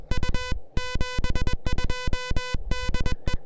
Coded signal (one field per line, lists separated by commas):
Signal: Morse code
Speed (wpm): 21 wpm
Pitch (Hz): 3000 Hz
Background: music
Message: U 72 DE